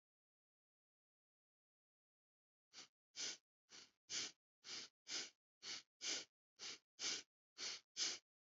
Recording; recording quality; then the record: shallow breathing; excellent, no background noise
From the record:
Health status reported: healthy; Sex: male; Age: 47 years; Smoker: yes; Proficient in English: yes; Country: India